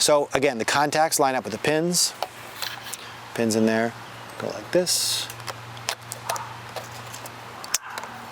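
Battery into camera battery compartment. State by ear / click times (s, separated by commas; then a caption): seated / 7.8 s. Someone talks while a camera battery is pushed into the camera's battery compartment, its contacts lined up with the pins, amid a few small handling clicks. The latch snaps at 7.8 s and the battery is seated in place.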